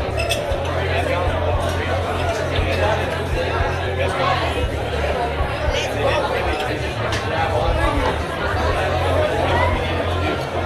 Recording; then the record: background sound without coughing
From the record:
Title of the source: CITY SOUNDS Busy Bar in the Evening Night - 2 HOURS of Ambiance for Relaxation